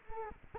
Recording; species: mosquito wingbeat signal from an infrared sensor; Culex quinquefasciatus